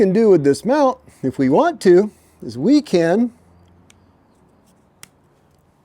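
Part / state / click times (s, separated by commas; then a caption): bike light into handlebar quarter-turn mount / seated / 5.0 s. A bike light is moved from the top of a handlebar computer mount to underneath it using the quarter-turn interface. Someone talks for about the first 3.3 seconds, then after a faint tick near 3.9 s a sharp click at 5.0 s marks the light seating in the mount.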